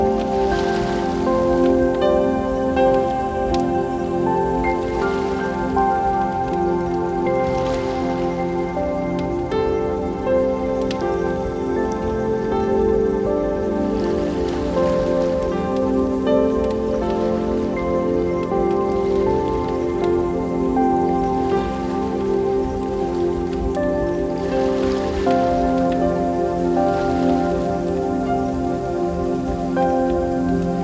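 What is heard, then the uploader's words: Soft sustained music with steady low-mid tones plays over a continuous hiss of waves, with faint crackling ticks scattered throughout at an even level. Golden Hour By The Beach. Relaxing Music, Ocean Waves & Bonfire Crackling.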